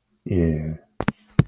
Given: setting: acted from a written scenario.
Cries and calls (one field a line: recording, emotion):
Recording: vocal sound without words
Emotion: ecstasy